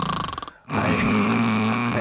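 An adult man's imitated snore, done as a sleep apnea impression: a fluttering rattle, a brief pause, then a long low droning sound made while breathing out, like heavy snoring.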